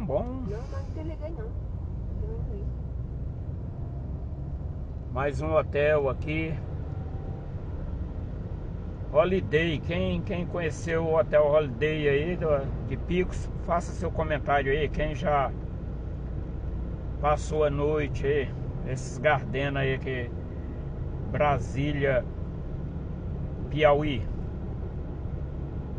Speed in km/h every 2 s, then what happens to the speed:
25, 27, 29, 30, 32, 32, 35, 35, 36, 40, 40, 41, 40.
0-18 speeds up to 40. 18-26 steady at about 40.